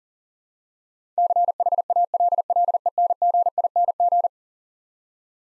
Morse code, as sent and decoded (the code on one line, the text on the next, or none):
-.-. .... .- .-.. .-.. . -. --. .. -. --.
CHALLENGING